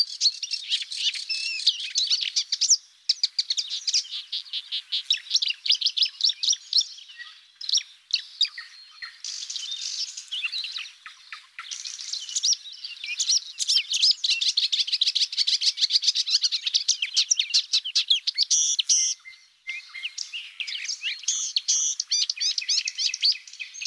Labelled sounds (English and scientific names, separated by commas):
Marsh Warbler (Acrocephalus palustris) song